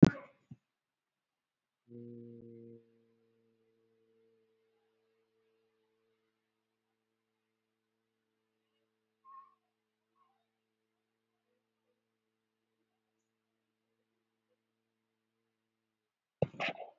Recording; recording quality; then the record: sustained vowel as in made; poor, much background noise or distortion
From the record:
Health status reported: COVID-19 positive, no symptoms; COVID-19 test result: positive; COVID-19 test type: RT-PCR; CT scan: taken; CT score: 2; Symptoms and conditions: cold, fever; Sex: male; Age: 37 years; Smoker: no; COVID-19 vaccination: one dose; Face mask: worn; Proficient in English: yes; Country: India